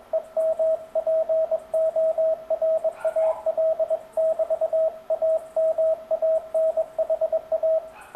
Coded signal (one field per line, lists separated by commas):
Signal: Morse code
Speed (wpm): 22 wpm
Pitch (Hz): 660 Hz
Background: radio noise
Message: EMPORAL <BT> AMANHA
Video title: BATE PAPO EM CW COM MEU AMIGO BOB RAPOZÃO